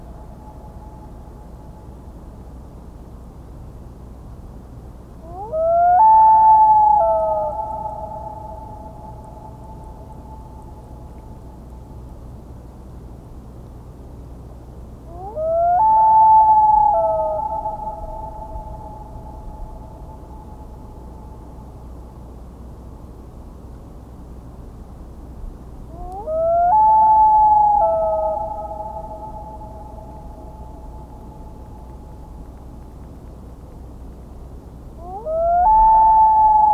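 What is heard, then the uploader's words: A common loon gives long, wavering wail calls, each rising quickly then holding a clear steady note for several seconds before fading. Calls come about every ten seconds, near 6, 16, 27 and 36 seconds, over a low constant rumble in the background. Common Loon.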